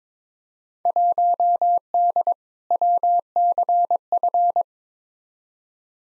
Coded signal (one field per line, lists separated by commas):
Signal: Morse code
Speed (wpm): 22 wpm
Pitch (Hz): 700 Hz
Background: none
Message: 1D WCF